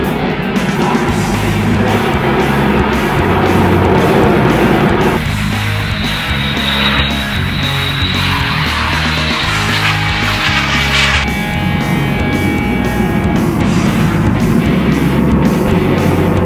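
A fighter jet at a flying display roars loudly and steadily, with a heavy, rumbling low end that pulses in uneven beats. Around the middle the roar thins to stepped low tones and a high whine, then the full blast returns near the end.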